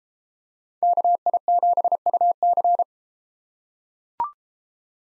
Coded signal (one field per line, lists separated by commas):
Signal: Morse code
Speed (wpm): 31 wpm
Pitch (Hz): 700 Hz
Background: none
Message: KI7UC